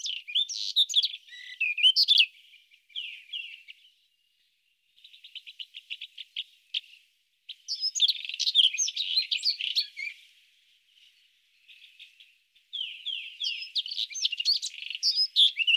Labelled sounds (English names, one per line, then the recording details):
White-throated Robin song
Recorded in the wild
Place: Tahtakaraca-Pass 1788 m (Alexanderpass), UZ
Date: 2001-05-22
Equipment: MiniDisc Sharp MT 20 H
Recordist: Schwarz, Dieter
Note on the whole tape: Song